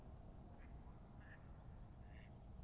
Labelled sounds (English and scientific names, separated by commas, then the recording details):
Mallard (Anas platyrhynchos)
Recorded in Germany
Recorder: ecoPi